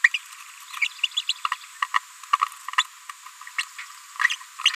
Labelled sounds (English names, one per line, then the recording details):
Green-rumped Parrotlet babbling
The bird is a female
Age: 30 days
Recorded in a nest box in Venezuela
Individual 17B73B2